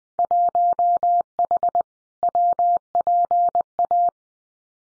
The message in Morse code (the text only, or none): 1H WPA